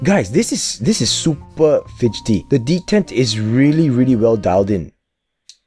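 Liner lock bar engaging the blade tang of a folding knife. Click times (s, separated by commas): 5.5 s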